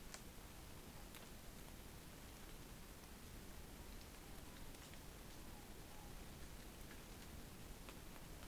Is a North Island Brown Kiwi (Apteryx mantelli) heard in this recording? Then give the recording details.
no. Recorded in New Zealand on 20 November 2013. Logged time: 22:29. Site CH69